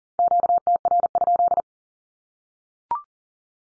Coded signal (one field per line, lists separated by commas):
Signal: Morse code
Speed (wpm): 40 wpm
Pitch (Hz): 700 Hz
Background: none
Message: QTR?